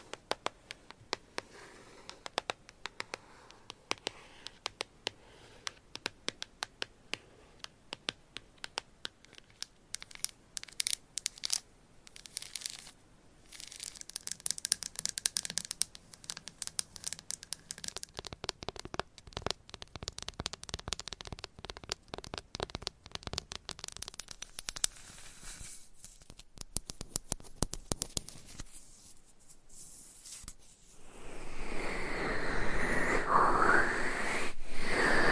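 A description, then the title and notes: Scratching and tapping fill the clip as a dense stream of sharp, crackly clicks, sparse and quiet at first and growing busier and louder after about ten seconds. Near the thirty-second mark a steady, bright rubbing sound takes over until the end. ASMR for ADHD Changing Triggers Every 5 Seconds Scratching , Tapping , Massage & More No Talking.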